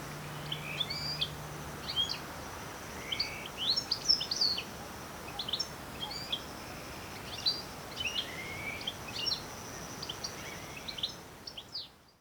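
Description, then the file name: European goldfinch calls: quick, high twittering notes scattered throughout, some in short bursts, over a steady background hiss. "Carduelis carduelis"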